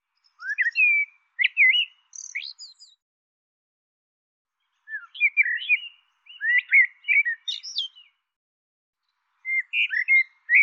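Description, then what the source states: Quick chirping bird phrases, slurred whistles mixed with thin high notes, heard in three spaced bursts with silence between. Call labelled "Tu Me Tu Me".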